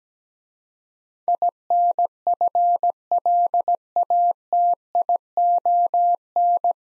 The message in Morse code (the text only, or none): INFLATION